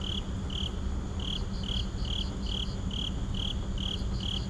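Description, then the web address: Insect: rhythmic chirps, short high pulses about twice a second, layered with a softer higher chirping and steady low hum. Night insects in a suburban park. "boom library Urban and Suburban Suburban park night insects"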